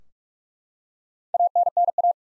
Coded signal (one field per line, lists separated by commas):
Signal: Morse code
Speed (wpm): 43 wpm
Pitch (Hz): 700 Hz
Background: none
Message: ANNA